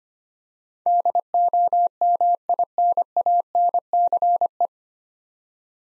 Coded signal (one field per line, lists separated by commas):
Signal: Morse code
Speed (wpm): 25 wpm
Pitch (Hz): 700 Hz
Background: none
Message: DOMINANCE